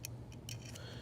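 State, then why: Not seated. A double-ended screwdriver bit for a Leatherman Skeletool multi-tool is handled at its bit holder after being flipped, producing several short, sharp ticks at about 0.1, 0.3, 0.5 and 0.8 seconds over a low steady hum. The bit has not seated or clicked into the holder yet.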